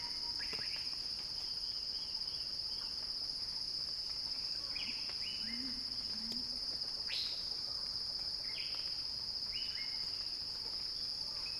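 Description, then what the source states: Cicada song, a continuous piercing buzz on one high pitch, with several brief chirping calls from other callers beneath it. Recording titled Cicada Crescendo.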